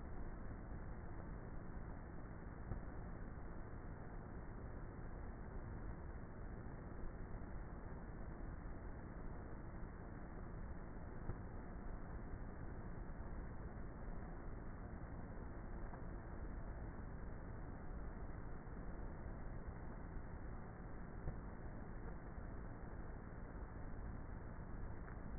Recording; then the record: honeybee colony, microphone inside the hive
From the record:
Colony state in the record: queenless with a low population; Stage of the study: before two queens were removed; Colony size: about 30,000 bees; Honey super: no